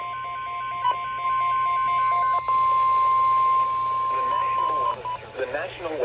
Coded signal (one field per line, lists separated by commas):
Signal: Emergency Alert System (SAME) tones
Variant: 1050 Hz attention tone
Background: speech